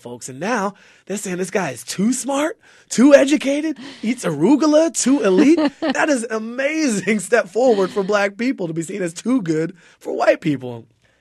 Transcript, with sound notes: and now they're saying this guy is too smart? Too educated? Eats arugula, too elite?
(SOUNDBITE OF LAUGHTER)
That is an amazing step forward for black people to be seen as too good for white people.